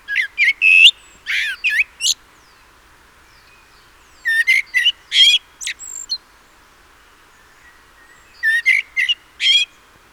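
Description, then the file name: Common blackbird calls, three clusters of sharp, squeaky whistled and chattering notes, with pauses between. "Turdus merula"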